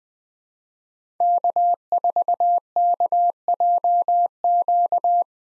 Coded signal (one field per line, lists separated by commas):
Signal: Morse code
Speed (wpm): 20 wpm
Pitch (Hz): 700 Hz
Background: none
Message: K4KJQ